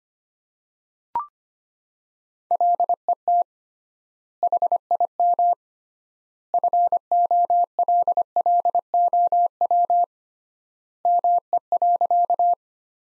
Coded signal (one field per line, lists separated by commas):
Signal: Morse code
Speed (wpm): 25 wpm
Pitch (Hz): 700 Hz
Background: none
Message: LET HIM FOLLOW ME.